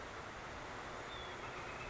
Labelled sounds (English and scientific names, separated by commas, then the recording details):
Northern Flicker (Colaptes auratus)
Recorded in Sonoma County, California